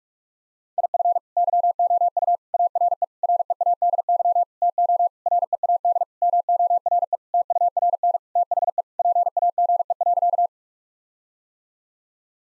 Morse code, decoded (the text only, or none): IF YOU ARE READY TO READ MORE TURN THE PAGE.